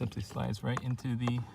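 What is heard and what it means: Someone talks while a replacement plastic AC blower motor resistor is slid into its slot in the HVAC blower housing under the dash of a 2011 Mk6 GTI. The resistor has not seated or clicked into place yet.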